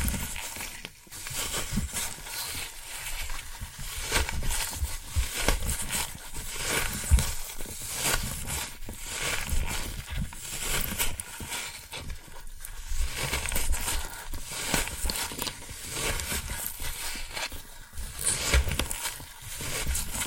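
Floral foam is crumbled and squeezed in a dense, continuous crackle of bright gritty scratches, swelling in uneven bursts every second or two.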